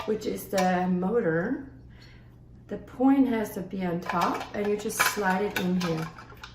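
A plastic juicer part is slid onto a juicer's motor base with its point on top while someone talks, with light plastic handling sounds and a brief knock near 6.4 s. The part has not seated or clicked into the motor base yet.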